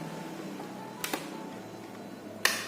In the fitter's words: Nah, dengarkan ya suaranya. Oke, aman.